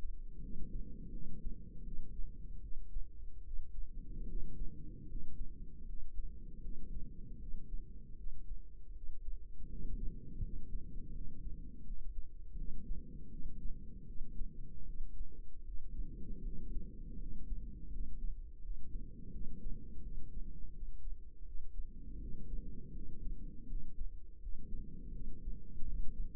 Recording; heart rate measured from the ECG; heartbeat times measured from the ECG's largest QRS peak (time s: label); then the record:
heart sounds by microphone in the right ear; 80 bpm
0.39 s: heartbeat
1.09 s: heartbeat
1.82 s: heartbeat
2.59 s: heartbeat
3.41 s: heartbeat
4.25 s: heartbeat
5.05 s: heartbeat
5.84 s: heartbeat
6.59 s: heartbeat
7.36 s: heartbeat
8.14 s: heartbeat
8.91 s: heartbeat
9.66 s: heartbeat
10.39 s: heartbeat
11.11 s: heartbeat
11.82 s: heartbeat
12.54 s: heartbeat
13.28 s: heartbeat
14.03 s: heartbeat
14.83 s: heartbeat
15.63 s: heartbeat
16.41 s: heartbeat
17.16 s: heartbeat
17.89 s: heartbeat
18.60 s: heartbeat
19.29 s: heartbeat
20.00 s: heartbeat
20.70 s: heartbeat
21.43 s: heartbeat
22.17 s: heartbeat
22.91 s: heartbeat
23.66 s: heartbeat
24.38 s: heartbeat
25.10 s: heartbeat
25.82 s: heartbeat
From the record:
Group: healthy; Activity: cold pressor test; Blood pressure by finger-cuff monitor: 127/96 mmHg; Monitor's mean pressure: 107 mmHg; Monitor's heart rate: 81 bpm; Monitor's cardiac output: 5.7 L/min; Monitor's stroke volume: 71 mL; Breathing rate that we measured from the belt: 10 breaths a minute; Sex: female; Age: 32 years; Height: 172 cm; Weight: 71.7 kg